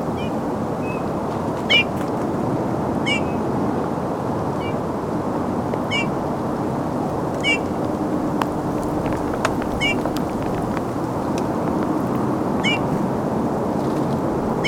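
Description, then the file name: Eurasian bullfinch, a series of soft downslurred whistled calls at irregular intervals, with faint clicks and steady low noise behind. "Pyrrhula pyrrhula"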